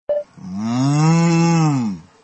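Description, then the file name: Cow mooing, a single long low moo lasting nearly two seconds, steady then falling at the end, after a brief click at the start. "vaca"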